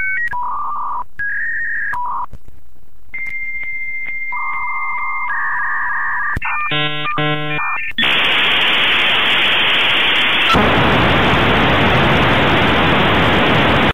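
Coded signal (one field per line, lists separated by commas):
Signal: dial-up modem handshake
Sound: alternating steady beeps, a burst of jangling tones, then loud rushing static hiss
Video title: Fax Machine (meme) - Sound Effect #shorts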